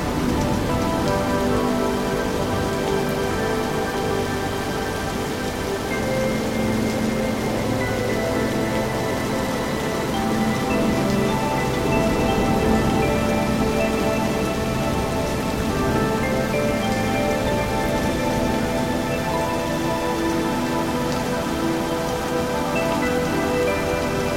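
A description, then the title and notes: Steady rain falls throughout, a dense, even hiss with soft patter on a surface. Beneath it, gentle music holds long sustained tones that shift slowly every few seconds. The level stays constant, with no sudden events. Rain Sounds, Wind & Peaceful Music.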